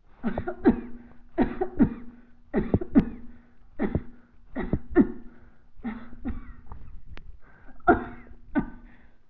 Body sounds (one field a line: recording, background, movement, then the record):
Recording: voluntary coughing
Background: quiet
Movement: sitting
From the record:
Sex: female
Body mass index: 21.8 kg/m2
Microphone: on the chest, facing the body